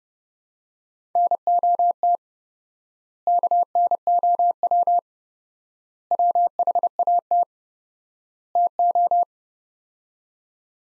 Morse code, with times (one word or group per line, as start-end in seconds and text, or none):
1.2-2.2 NOT
3.3-5.0 KNOW
6.1-7.4 WHAT
8.6-9.2 TO